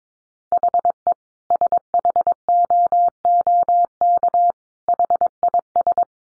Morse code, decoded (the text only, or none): HE SHOOK HIS